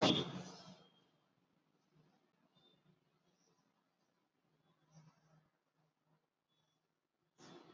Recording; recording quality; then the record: shallow breathing; moderate, slight background noise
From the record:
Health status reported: exposed to COVID-19, no respiratory illness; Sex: male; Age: 24 years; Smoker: no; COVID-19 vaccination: both doses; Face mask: worn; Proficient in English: yes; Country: India